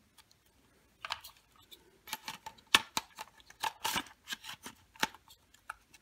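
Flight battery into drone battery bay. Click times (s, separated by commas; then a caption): 2.8 s. A flight battery is pushed into the rear bay of a ZLL SG906 MAX drone while the locking lever is held down, giving a run of scraping, rattling plastic clicks. The lever is then released, and the plastic latch locks the battery in place with a sharp click at 2.8 seconds.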